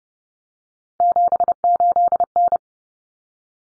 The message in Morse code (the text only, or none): 78N